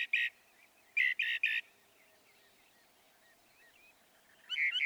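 Northern mockingbird song: brief harsh buzzy notes, a cluster of three, then quiet soft twitters before another burst near the end.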